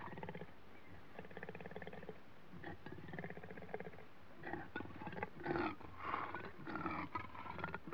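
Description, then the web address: Leopard giving low, throaty rattling growls, fairly quiet at first, then louder, ragged growls in the second half. Leopards in Africa, recorded close up while growling. "BBC Sound Effects Library. Africa. Leopards"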